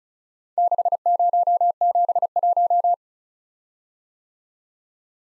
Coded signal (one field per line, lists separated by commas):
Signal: Morse code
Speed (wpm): 33 wpm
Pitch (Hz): 700 Hz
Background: none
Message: 6071